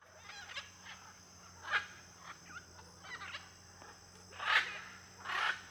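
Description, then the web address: Blue-and-yellow macaws giving rough, grating squawks, softer at first, then two louder harsh calls near the end, with a constant high cricket drone behind. Flock of macaws in an area with many palms, with cricket noise. "Conjunto de Araras em Area de Muitas Palmeiras e ruidos de grilo. arara caninde"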